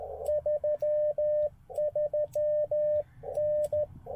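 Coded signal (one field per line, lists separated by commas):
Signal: Morse code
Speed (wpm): 13 wpm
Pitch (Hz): 600 Hz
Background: radio noise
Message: 33N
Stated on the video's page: Slow QRS CW at 13 WPM during a POTA park activation, offered as Morse practice.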